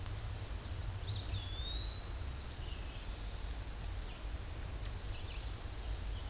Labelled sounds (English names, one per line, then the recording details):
Eastern Wood-Pewee song
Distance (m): 25 m
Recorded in a Pennsylvania forest on 17 May 2023 at 13:22
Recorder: AudioMoth, point grid1_9_low
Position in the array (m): 56 m, 124 m